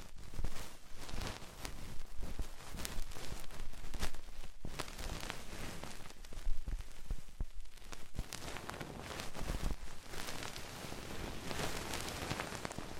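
Tingly ear cleaning sounds with rhinestone and clay removal: dense, continuous crackling and scratching that fills the whole stretch. Bright bursts of scraping and sticky crunches come rapidly and irregularly, with a few sharper pops around seconds six and eight.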